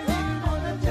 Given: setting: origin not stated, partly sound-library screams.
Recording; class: one-second piece from a danger detection set; normal situation